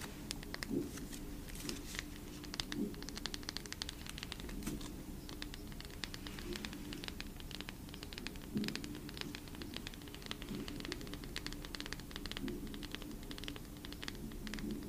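Photocards are tapped in a quick, continuous stream of light clicks over a steady low hum, with occasional brighter taps standing out.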